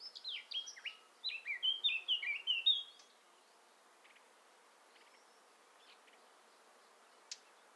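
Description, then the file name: Eurasian blackcap song: one rapid warbling phrase of fluty, downward-sliding notes lasting three seconds, followed by faint scattered chips and a single sharp click. "Sylvia atricapilla"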